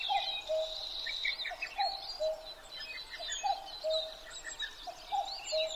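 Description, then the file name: Common cuckoo giving its measured two-note call, high then low, repeated about four times, with a chorus of twittering birds and a quick series of chips. Recorded 12 June 2011 at 03:53. "kakkou-20110612-0353"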